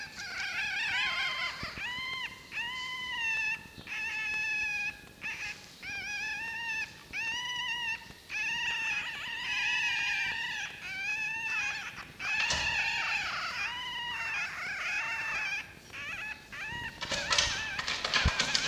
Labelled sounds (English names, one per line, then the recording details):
Red Fox
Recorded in captivity
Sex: female
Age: juvenile
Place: Zoologisches Institut der HUB, Berlin, DE
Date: 1953-04-16 12:30
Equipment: Elmetra
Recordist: Tembrock, Günter